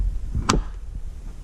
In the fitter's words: that click into place I always press on the top to make sure it's nice and tight because